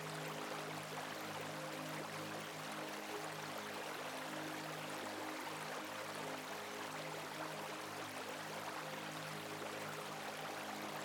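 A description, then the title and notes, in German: A babbling brook runs steadily throughout, a dense, even rush of water filling the upper range without pause. Beneath it, soft sustained low musical tones hold long and quiet, shifting only slightly, with the water sounding constant. Die subtile Musik, akribisch komponiert, vereint sich mit dem natürlichen und beruhigenden Klang eines murmelnden Baches. Subtilen MUSIK und dem Natürlichen Klang des BACHES.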